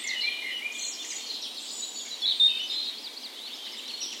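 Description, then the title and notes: Birds in a dawn chorus, several high chirping and twittering songs overlapping, with one brief louder whistled note midway through the short stretch. Dawn chorus in a park west in Bergen, Norway, on the morning of 17 May, Norway's National Day, in spring; recorded on a Sony PCM A10 with LOM Usi microphones used as tree ears. "17th Of May Dawn Chorus. Recorded on the morning of Norways National Day the 17th of May in a park west in Bergen. Spring is in full effect, and the dawn chorus sounds wonderful!"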